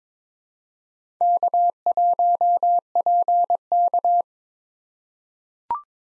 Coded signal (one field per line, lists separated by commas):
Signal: Morse code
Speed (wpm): 22 wpm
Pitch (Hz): 700 Hz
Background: none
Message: K1PK